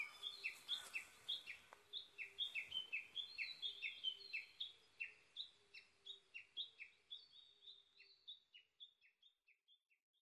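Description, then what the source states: Japanese bush warbler giving a long run of sharp, downward-slurred notes, about two per second, steadily fading away near the end. Recorded 22 May 2011 at 05:58.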